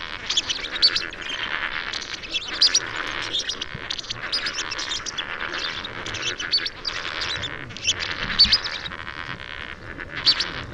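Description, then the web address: Lesser flamingo flock chattering: many overlapping nasal honks and gabbling notes. "cantos flamencoenano"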